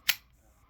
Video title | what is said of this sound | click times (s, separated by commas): Ladning af Reximex magasiner | Og det sidste hagl skubber man lige et lille klik tilbage, så falder haglet ud. | 0.1 s